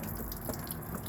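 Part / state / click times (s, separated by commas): drain valve knob on a motorhome fresh water tank / not seated / none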